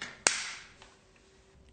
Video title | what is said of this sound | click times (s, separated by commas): How to clean your Dyson filter | and the bin filter just drops in and you click the handle closed | 0.3 s